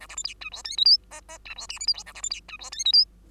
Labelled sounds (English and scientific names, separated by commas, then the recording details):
Bengalese Finch (Lonchura striata domestica) song
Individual Bird2